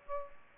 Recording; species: mosquito wingbeat signal from an infrared sensor; Aedes aegypti